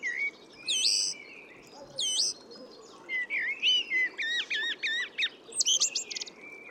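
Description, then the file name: Eurasian blackbird song: a few ringing whistles, then a quick string of rising and falling twittered notes, over steady low background noise. "Turdus merula"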